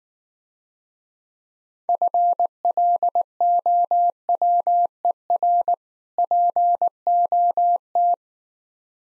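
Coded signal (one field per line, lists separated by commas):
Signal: Morse code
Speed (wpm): 19 wpm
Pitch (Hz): 700 Hz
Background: none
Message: FLOWER POT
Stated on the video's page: Morse code practice set of easy words at 15 wpm with contextual hints.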